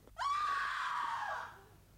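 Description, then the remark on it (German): A woman's shrill scream rings out suddenly, holding one high, wavering pitch for over a second before trailing off and fading away, with no talking. “Was für Geschrei ist das? Geschrei von Weibern, teurer Lord.”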